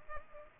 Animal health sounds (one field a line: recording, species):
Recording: mosquito wingbeat signal from an infrared sensor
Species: Culex pipiens